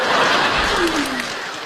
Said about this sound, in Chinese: 谢谢大家的掌声， 谢谢。呵，太热情了。